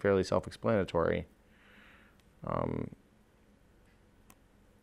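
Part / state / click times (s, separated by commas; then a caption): speaker module into smartphone midframe / seated / 4.3 s. Someone talks while a small plastic speaker assembly inside a smartphone is lined up at the back edge and pushed down on the other side into its housing in the midframe. A faint tick comes at 2.2 s, then a sharp snap at 4.3 s as the speaker module seats into place easily.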